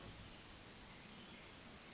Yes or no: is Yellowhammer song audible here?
no